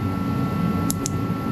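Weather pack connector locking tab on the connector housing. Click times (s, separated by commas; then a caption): 0.9 s, 1.1 s. Crimped terminals have been pushed into a weather-pack connector housing, and the plastic locking tab on the housing is flipped down and snapped closed. Two short, sharp clicks at 0.9 s and 1.1 s cut through a steady hum with a constant high tone. The lock snaps shut and seats the connector.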